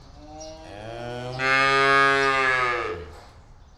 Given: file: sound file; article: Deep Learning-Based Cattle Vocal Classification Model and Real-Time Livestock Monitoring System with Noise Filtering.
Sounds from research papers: cattle; normal call

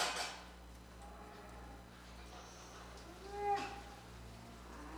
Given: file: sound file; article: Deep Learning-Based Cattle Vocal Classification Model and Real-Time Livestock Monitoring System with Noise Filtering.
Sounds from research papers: cattle; normal call

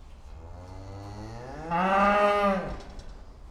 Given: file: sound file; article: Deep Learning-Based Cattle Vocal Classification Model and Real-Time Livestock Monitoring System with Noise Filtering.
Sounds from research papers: cattle; food anticipating call

